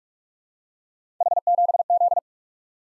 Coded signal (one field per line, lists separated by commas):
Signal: Morse code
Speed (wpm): 44 wpm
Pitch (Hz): 700 Hz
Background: none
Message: H7Z